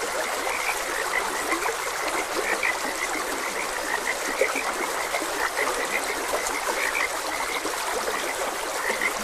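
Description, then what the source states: Many frogs croaking at once, short clipped notes scattered throughout, with a constant watery rush underneath. Frogs croaking beside a gentle stream.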